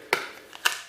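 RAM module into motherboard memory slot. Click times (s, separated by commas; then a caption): 0.1 s, 0.7 s. A RAM stick is pressed hard into a motherboard DIMM slot, pushed firmly enough that it feels like something might break, until the retention clips snap shut. Two sharp clicks ring out at 0.1 s and 0.7 s, with a faint tick at 0.6 s between them. The module is seated and locked into the slot.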